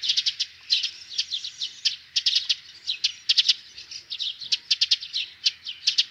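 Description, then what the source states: Eurasian tree sparrow giving rapid, harsh 'tek-tek-tek' calls in dense bursts throughout, repeated clicks packed tightly with short pauses between runs. Intense 'tek-tek-tek' calling given near a nest with young.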